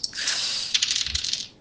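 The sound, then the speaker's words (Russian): Dice rattle and tumble across a table in a quick run of bright clicks and clatters, with a soft thump partway through, before settling into silence. They are rolled for a repair check in a tabletop role-playing game. No one speaks. “Кубики есть? Есть кубики. Кидай.”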